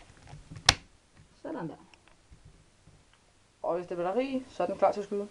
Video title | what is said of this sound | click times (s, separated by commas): airsoft review mp7 a1 swat H&k Danish commentary | du den ind den siger et lille Klik sådan | 0.7 s